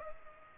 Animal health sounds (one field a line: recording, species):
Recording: mosquito wingbeat signal from an infrared sensor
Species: Culex pipiens